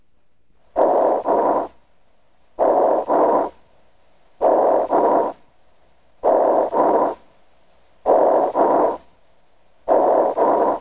Bronchial breath sounds heard over an area of lung tissue consolidation caused by pneumonia.